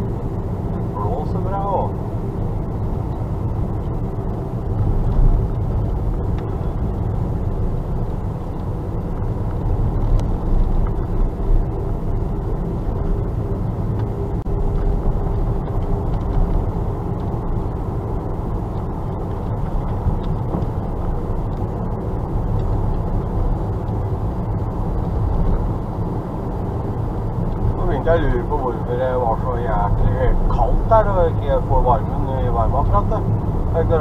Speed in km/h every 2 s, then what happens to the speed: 45, 45, 44, 43, 44, 44, 45, 46, 47, 45, 45, 44, 45, 45, 43, 44, 44.
0-34 steady at about 45.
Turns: none.